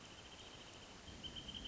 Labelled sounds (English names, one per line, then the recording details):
Wrentit
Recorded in Sonoma County, California